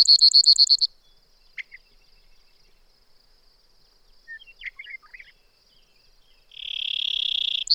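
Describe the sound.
Brewer's sparrow song: a rapid, high trill of repeated notes opens, a long quiet stretch with faint scattered chips follows, then a sustained buzzy trill and another fast trill begins.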